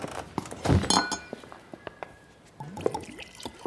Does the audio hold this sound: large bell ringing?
no